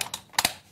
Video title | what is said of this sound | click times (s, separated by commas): Graco Pack 'n Play Playard Bassinet Changer with Cuddle Cove Rocking Seat REVIEWS | easy and you hear the clicks to make sure it's in there safely | 0.1 s, 0.4 s